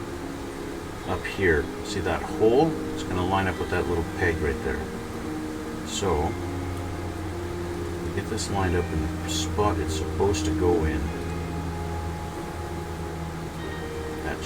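A plastic part for a Bandai MG Wing Gundam Zero EW model kit is lined up so its hole meets a small peg on the leg frame before being pushed home, while someone talks over a steady low hum with a few light handling sounds. Nothing has snapped or clicked into place yet.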